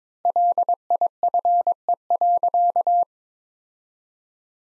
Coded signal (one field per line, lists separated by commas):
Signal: Morse code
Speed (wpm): 22 wpm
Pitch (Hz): 700 Hz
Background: none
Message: LIFE.